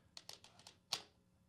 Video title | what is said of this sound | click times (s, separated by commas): Dell Venue 10 7000 Review | it just pops right in there. | 0.9 s